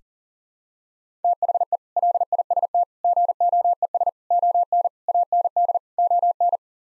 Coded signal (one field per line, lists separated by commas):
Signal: Morse code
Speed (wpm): 40 wpm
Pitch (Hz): 700 Hz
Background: none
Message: THE LIST GOES ON AND ON